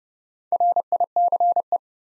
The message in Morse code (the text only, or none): RICE